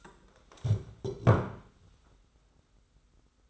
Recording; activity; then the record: daily activity, microphone in the room; stand up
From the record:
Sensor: 3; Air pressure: 991.6 hPa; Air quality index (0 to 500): 177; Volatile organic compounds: 1000 ppm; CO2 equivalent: 5904 ppm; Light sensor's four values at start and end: 35/100/41/35 and 36/101/41/35